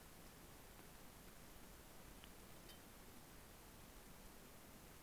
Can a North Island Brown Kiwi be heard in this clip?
no